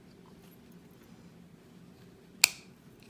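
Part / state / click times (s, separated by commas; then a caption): rebuildable tank atomizer section snapping onto its base / seated / 2.4 s. A section of a rewicked Wotofo Profile Unity RTA vape atomizer, wicked with cotton squares, is lined up with its grooves and snapped into place on its base. After near-silence with a low steady hum, one sharp, loud snap at 2.4 s rings briefly and fades, followed by two faint ticks near 3.0 s and 3.2 s. The part is seated.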